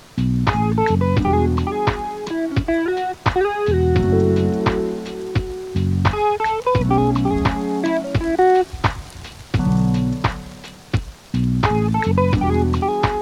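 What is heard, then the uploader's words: A lo-fi music loop plays with a steady, relaxed beat of soft kicks and crisp snaps over warm, sustained low chords and a gentle melody. A faint hiss runs underneath throughout, and the music thins briefly around the ten-second mark before the full groove returns. Lo-Fi music with rain sound.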